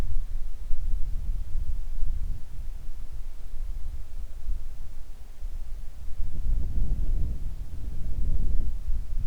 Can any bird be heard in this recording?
no